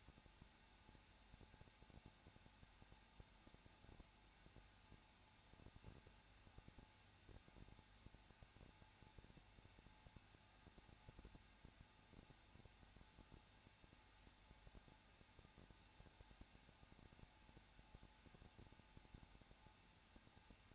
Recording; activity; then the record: daily activity, microphone in the room; no activity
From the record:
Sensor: 2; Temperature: 21.0 degrees Celsius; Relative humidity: 34.3%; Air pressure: 994.4 hPa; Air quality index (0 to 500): 171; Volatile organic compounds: 3 ppm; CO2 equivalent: 1329 ppm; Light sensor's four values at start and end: 2/3/2/2 and 2/3/2/2